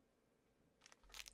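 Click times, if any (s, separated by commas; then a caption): none. A tricolor ink cartridge is handled at its slot under the plastic lock lever in the printer carriage of an HP Envy 4500 e All in One Printer. After a quiet stretch, faint handling sounds begin, with brief sharp ticks and rattles at about 0.9, 1.2, 1.3 and 1.3 seconds. The clip ends before the part goes home; nothing has seated or clicked yet.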